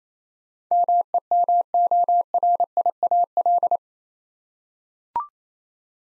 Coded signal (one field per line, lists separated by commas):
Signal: Morse code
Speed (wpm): 28 wpm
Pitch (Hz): 700 Hz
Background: none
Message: MEMORIAL